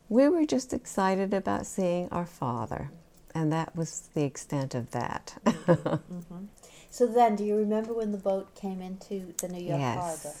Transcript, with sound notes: We were just excited about seeing our father, and that was the extent of that. (she laughs)
So then do you remember when the boat came into the New York Harbor?